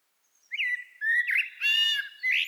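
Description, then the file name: Common blackbird song: a short fluted note, then loud warbled phrases with a harsher, chattering middle section and a closing bright whistle. "Turdus merula"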